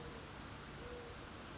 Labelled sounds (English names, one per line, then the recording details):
Mourning Dove
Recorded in Sonoma County, California